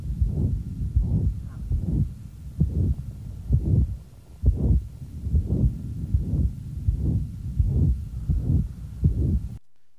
The ejection sound of a dysmorphic pulmonary valve. The left upper sternal border. A high frequency, long, mid-systolic murmur that's initiated by a high frequency sound. As the patient breathes in, the high frequency sound initiating the murmur disappears.